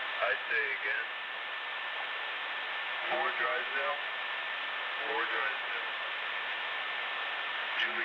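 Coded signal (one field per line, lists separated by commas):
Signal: numbers station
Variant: male voice, random letters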